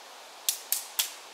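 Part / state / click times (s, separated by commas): crossbow cocking slide latching into the bow stock / seated / 0.5 s, 0.7 s, 1.0 s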